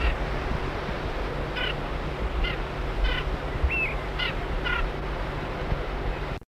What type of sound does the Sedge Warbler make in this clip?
call